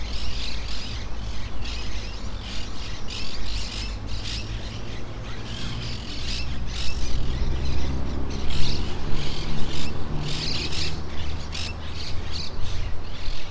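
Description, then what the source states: Monk parakeet flock calling, dense harsh squawking that grows louder in the second half, over a continuous low rumble. In trees near the coast of Playa Ancha.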